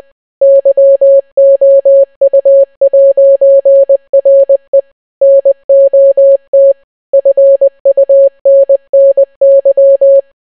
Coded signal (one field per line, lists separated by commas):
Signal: Morse code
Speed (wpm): 20 wpm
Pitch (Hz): 550 Hz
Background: none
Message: YOU'RE NOT FUNNY